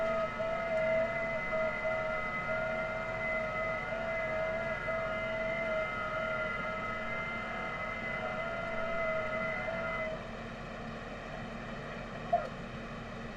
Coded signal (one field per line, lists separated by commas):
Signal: FT8